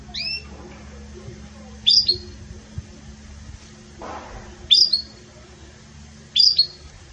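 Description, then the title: Belgian canary calls, single bright high chirps repeated at irregular intervals of a few seconds over a quiet background hum. Pure campainha-style song with pauses, intended for training canaries. "Canto Canário Belga Campainha Puro Com Pausa Para Treinamento"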